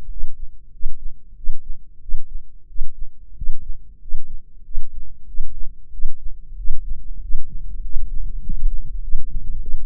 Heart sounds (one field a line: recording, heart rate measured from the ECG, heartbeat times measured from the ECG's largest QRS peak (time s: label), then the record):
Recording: heart sounds by microphone in the left ear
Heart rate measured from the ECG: 95 bpm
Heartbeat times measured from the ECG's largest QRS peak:
0.09 s: heartbeat
0.72 s: heartbeat
1.35 s: heartbeat
2.00 s: heartbeat
2.67 s: heartbeat
3.35 s: heartbeat
4.00 s: heartbeat
4.63 s: heartbeat
5.26 s: heartbeat
5.91 s: heartbeat
6.56 s: heartbeat
7.21 s: heartbeat
7.82 s: heartbeat
8.42 s: heartbeat
9.01 s: heartbeat
9.60 s: heartbeat
From the record:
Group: healthy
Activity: rest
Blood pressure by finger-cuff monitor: 152/106 mmHg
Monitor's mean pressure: 120 mmHg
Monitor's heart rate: 95 bpm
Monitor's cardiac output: 7.6 L/min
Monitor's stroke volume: 81 mL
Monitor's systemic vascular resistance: 1180 dyn s/cm5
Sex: male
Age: 23 years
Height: 179 cm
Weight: 87 kg